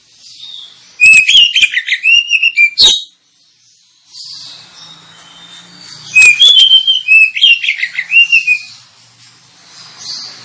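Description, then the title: Oriental magpie-robin singing two bursts of sweet whistles mixed with scratchy notes, separated by a quieter stretch. Lure recording (pancingan) of a kacer, played to make other kacer birds sing (gacor, ngeplong) and fight at once; described as persistent (ngotot), full 'tembakan' song. "KACER NGOTOT FULL TEMBAKAN. Kacer dimana SAJA Bakalan NGEPLONG GACOR dengan Pancingan Kacer ini"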